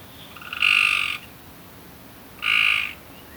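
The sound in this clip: Frog croaking: two loud, buzzy, harmonic croaks about half a second long, spaced nearly two seconds apart, with quiet hiss between them.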